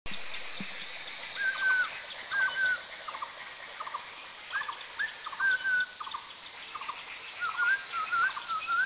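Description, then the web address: Chestnut-backed laughingthrush calls: a series of short whistled notes and quick groups of short chips, fairly soft, repeated at irregular intervals against a steady hiss. Recorded in India. "India other Chestnut-backed LT"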